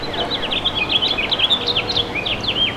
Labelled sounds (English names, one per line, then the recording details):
House Finch song
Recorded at Babylon on Long Island, New York, on 18 May 2013
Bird C